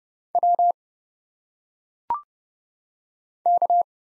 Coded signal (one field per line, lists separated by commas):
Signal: Morse code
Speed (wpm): 29 wpm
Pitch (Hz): 700 Hz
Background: none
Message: W K